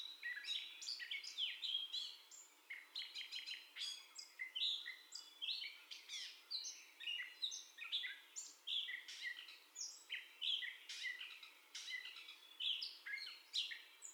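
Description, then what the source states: Gray catbird song: a long, continuous jumble of varied squeaky, scratchy and whistled notes in quick, irregular phrases with short pauses, no other clear sounds. First song, 30 May 2021.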